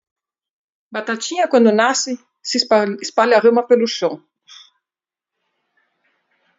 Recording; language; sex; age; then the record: short text; Brazilian Portuguese; female; 50 to 59 years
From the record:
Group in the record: control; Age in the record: 52 years